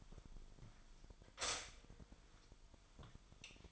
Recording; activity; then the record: daily activity, microphone in the room; stop toaster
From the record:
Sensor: 5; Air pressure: 1002.1 hPa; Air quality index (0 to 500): 208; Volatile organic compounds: 20 ppm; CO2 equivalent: 2691 ppm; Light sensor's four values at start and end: 33/108/41/43 and 33/108/41/44